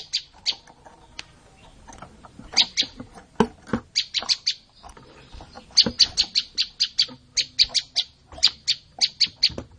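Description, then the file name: Olive-backed tailorbird giving repeated sharp high chips, at first irregular with scattered lower clicks, then in long even series. "suara burung prenjak lumut. omkicau"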